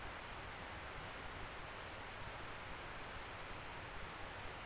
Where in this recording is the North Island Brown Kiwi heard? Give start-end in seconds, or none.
none